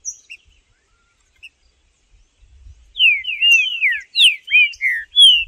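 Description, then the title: Green-winged saltator song: a fast, clear run of rich slurred whistles, sweeping up and down, starting after a few seconds of near silence with scattered faint chips. Bird singing and competing like a male (macheando) in the bush against a free wild bird; birds named Blindado and Tufão. "Esse É PERFEITO Para ESQUENTAR Seu TRINCA Piando, Cantando E Macheando Na DISPUTA. Trinca Ferro no MATO Cantando e Macheando muito com Solto! Blindado e Tufão no mato"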